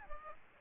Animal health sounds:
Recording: mosquito wingbeat signal from an infrared sensor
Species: Aedes albopictus

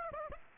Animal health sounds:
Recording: mosquito wingbeat signal from an infrared sensor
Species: Aedes aegypti

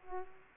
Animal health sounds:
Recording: mosquito wingbeat signal from an infrared sensor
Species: Aedes aegypti

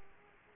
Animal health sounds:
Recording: mosquito wingbeat signal from an infrared sensor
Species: Aedes aegypti

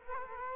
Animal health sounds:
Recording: mosquito wingbeat signal from an infrared sensor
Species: Culex quinquefasciatus

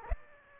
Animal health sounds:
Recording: mosquito wingbeat signal from an infrared sensor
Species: Aedes aegypti

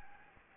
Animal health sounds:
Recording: mosquito wingbeat signal from an infrared sensor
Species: Anopheles gambiae

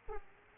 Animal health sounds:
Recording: mosquito wingbeat signal from an infrared sensor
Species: Aedes aegypti

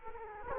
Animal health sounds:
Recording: mosquito wingbeat signal from an infrared sensor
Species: Culex quinquefasciatus

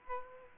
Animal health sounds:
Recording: mosquito wingbeat signal from an infrared sensor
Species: Aedes aegypti

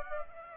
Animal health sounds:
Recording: mosquito wingbeat signal from an infrared sensor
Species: Aedes aegypti

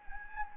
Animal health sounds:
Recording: mosquito wingbeat signal from an infrared sensor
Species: Anopheles gambiae

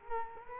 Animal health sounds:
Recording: mosquito wingbeat signal from an infrared sensor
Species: Culex quinquefasciatus

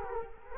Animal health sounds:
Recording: mosquito wingbeat signal from an infrared sensor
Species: Culex quinquefasciatus

